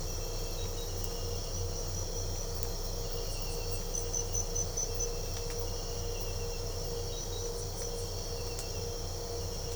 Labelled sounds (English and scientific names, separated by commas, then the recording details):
none
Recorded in pastures near Puerto Asís, Putumayo, Colombia, on 22 December 2024 at 02:30
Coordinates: 0.497, -76.327
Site G088